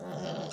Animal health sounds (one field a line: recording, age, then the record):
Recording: pig call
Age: piglet (1 to 25 days)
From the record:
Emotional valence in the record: negative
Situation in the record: long isolation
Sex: female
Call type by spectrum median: low-frequency call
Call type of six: mixed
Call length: 0.53 s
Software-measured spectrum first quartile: 336 Hz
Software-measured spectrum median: 631 Hz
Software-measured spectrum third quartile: 1642 Hz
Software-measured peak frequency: 176 Hz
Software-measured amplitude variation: 86 dB a second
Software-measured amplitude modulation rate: 19.0 a second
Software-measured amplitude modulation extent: 4.5 dB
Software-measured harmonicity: 1.5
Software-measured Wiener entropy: -1.22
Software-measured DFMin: 1166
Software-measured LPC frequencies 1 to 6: 617, 1416, 3115, 4026, 5452, 6874 Hz